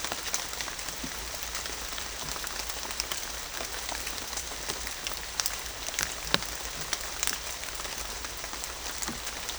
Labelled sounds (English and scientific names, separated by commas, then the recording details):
none
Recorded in pastures near Puerto Asís, Putumayo, Colombia, on 21 December 2024 at 11:00
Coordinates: 0.487, -76.322
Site GP09